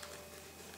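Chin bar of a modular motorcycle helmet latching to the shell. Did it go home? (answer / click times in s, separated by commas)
no / none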